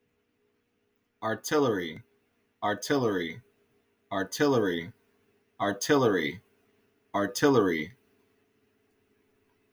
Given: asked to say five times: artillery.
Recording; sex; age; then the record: repeated word; male; 30 to 39 years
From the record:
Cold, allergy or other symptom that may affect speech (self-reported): no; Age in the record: 35 years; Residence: Oregon, United States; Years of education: 14